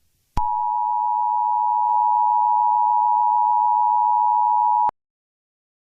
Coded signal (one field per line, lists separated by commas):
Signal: Emergency Alert System (SAME) tones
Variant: 853 and 960 Hz attention tone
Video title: EAS Scenario 1: A Sleeping Demon (DO NOT SLEEP)